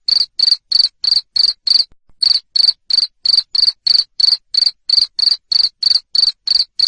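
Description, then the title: Cricket producing rapid, piercing chirps in an even rhythm, with one short break early on. Loud cricket chirping played to make lovebirds sing continuously. "Suara JANGKRIK NGERIK Keras Bikin LOVEBIRD Jadi NGEKEK Terus Vubey"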